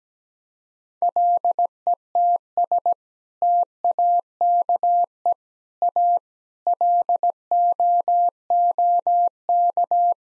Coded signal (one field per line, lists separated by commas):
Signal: Morse code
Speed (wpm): 17 wpm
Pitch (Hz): 700 Hz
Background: none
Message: LETS TAKE A LOOK